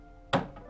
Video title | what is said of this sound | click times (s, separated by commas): HP Officejet 3835: How to Change/Replace Ink Cartridges | you hear a click as the cartridge comes loose. | 0.3 s